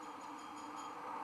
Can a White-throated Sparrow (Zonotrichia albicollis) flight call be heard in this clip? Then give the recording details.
no. No flight call is heard. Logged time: 23:00 on 14 December 2014